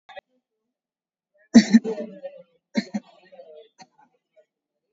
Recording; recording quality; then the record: shallow voluntary cough; moderate, slight background noise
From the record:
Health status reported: COVID-19 positive, mild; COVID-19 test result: positive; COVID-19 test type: RT-PCR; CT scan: taken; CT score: 3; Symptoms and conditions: cough, cold, fatigue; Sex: female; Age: 62 years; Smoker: no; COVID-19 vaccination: both doses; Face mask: worn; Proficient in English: yes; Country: India